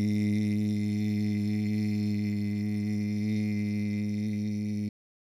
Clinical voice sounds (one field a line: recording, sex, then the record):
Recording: sustained vowel /i/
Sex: male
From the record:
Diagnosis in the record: Parkinson's disease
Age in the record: 65 years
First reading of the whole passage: 52 s, 9.9 characters per second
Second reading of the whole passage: 50 s, 10.3 characters per second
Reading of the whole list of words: 40 s, 7.0 characters per second